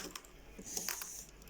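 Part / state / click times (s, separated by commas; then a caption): plastic construction-toy part onto a Technic car model / not seated / none. A plastic piece is pressed onto a Lego Technic drag car model being built, giving several small, sharp plastic clicks and clatters, with the loudest around 0.8–0.9 s. The piece does not seat; nothing has clicked into place yet, and the part is hard to fit.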